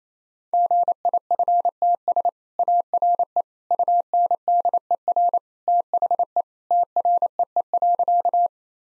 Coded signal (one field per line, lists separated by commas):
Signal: Morse code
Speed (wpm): 27 wpm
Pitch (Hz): 700 Hz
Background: none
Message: GIFTS ARE UNDER THE TREE.